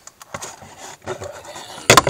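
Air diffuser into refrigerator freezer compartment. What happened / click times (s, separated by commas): The plastic part snapped into place / 1.9 s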